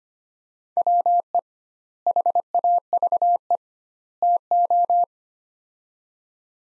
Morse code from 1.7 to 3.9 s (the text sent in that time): HAVE